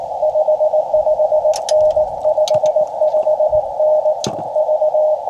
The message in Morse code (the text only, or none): 55N 55N V